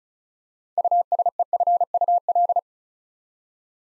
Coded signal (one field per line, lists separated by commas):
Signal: Morse code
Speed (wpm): 36 wpm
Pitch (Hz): 700 Hz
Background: none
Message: USEFUL